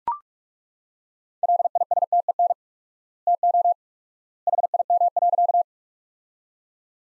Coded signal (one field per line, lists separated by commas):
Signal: Morse code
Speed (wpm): 41 wpm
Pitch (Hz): 700 Hz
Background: none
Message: LISTEN TO HIM.